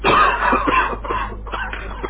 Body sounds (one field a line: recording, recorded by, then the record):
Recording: voluntary cough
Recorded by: telephone call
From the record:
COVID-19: positive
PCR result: checked with the laboratory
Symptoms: yes